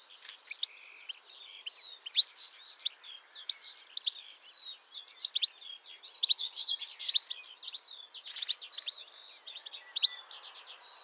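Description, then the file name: European goldfinch giving a long, steady stream of rapid tinkling chirps and short buzzy trills with no clear pause, over faint background hiss. "Carduelis carduelis"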